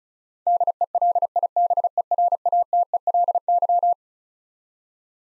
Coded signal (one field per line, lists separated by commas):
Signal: Morse code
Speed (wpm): 36 wpm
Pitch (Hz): 700 Hz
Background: none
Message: DELIBERATELY